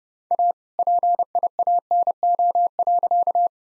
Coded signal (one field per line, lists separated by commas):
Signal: Morse code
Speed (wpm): 30 wpm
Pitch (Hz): 700 Hz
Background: none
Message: A PIANO.